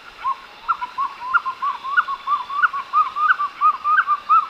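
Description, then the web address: Lyre-tailed nightjar calling: a quick run of short, liquid whistled notes, each hooking up then down, over faint steady hiss. Recorded in Ecuador. "Birds of Ecuador. Lyre-tailed Nightjar"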